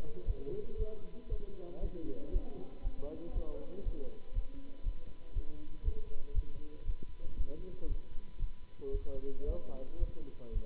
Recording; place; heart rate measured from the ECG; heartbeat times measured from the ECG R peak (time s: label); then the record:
heart sounds by stethoscope; between the tricuspid and mitral areas; 117 bpm
0.24 s: heartbeat
0.76 s: heartbeat
1.27 s: heartbeat
1.79 s: heartbeat
2.30 s: heartbeat
2.81 s: heartbeat
3.31 s: heartbeat
3.82 s: heartbeat
4.32 s: heartbeat
4.82 s: heartbeat
5.32 s: heartbeat
5.82 s: heartbeat
6.32 s: heartbeat
6.83 s: heartbeat
7.34 s: heartbeat
7.86 s: heartbeat
8.38 s: heartbeat
8.90 s: heartbeat
9.44 s: heartbeat
9.97 s: heartbeat
10.51 s: heartbeat
From the record:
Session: Bruce protocol treadmill stress test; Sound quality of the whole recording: good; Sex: male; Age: 26 years